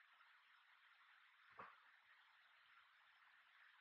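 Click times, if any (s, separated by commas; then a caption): 1.6 s. A cabin pollen filter for a 2013–2017 Lexus ES350 is slid into the car's HVAC filter housing behind the glovebox and pushed until its plastic cover latches. Against a steady hiss, a single short, sharp click sounds at 1.6 s. The cover is seated, clicked home and tight.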